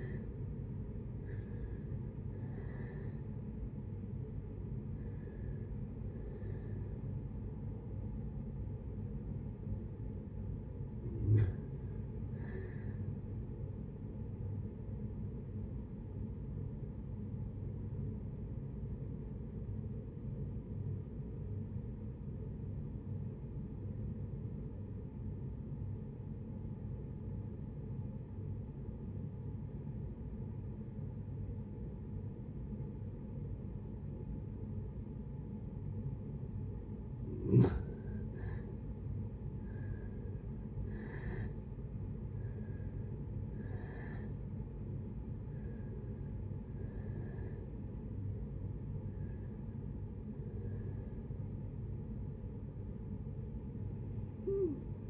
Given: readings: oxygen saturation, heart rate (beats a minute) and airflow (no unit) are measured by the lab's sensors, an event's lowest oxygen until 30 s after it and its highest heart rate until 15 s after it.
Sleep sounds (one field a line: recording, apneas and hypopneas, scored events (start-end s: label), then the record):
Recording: breathing in sleep by a smartphone at the bedside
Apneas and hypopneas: 1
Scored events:
21.00-38.80 s: obstructive apnea (N1, oxygen 94% highest, then 70% lowest, heart rate 68 at the start, 79 highest)
43.00-55.10 s: new sleep stage, REM sleep
From the record:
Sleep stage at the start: N1 (lightest sleep)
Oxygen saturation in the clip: 60 to 94%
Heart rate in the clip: 55 to 84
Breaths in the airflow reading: 10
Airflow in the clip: -6.8 to 7.1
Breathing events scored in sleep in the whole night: 496 in 5.4 hours asleep